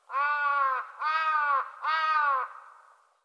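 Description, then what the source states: Bird calls: three harsh, harmonic cawing notes, each lasting roughly two-thirds of a second, separated by brief gaps, with the last trailing off in a fading echo. The call is written as "co co co co".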